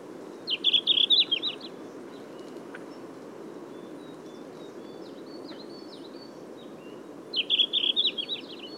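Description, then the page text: Red-flanked bluetail song: a rapid, high, twittering phrase, then silence with soft thin bird notes, and the same short phrase again about seven seconds later. "Синехвостка - (лат. Tarsiger cyanurus), Patrick Franke"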